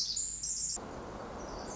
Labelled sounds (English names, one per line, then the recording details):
Pacific Wren
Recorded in Sonoma County, California